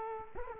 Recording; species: mosquito wingbeat signal from an infrared sensor; Culex quinquefasciatus